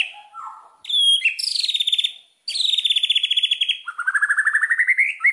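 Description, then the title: White-rumped shama song: a few soft whistled notes, then loud rapid trills that slowly descend, ending in a rising trilled phrase. Song used as a lure (pancingan) for other birds, said to provoke an immediate response; described as singing constantly (gacor). "PANCINGAN MEWAH MURAI BATU GACORSEKALI DENGAR AMPUH LANGSUNG RESPON"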